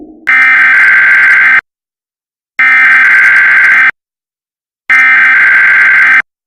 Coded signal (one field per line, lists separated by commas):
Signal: Emergency Alert System (SAME) tones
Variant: header bursts